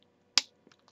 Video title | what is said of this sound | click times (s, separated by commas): Transformers DOTM Shockwave review | peg in there. You'll hear it click. | 0.4 s